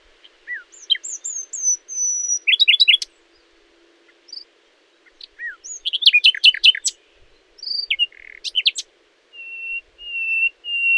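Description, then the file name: Common nightingale song: varied phrases of high slurred whistles, fast descending notes and clicks, with short pauses between, ending in a run of level whistles. "Luscinia megarhynchos"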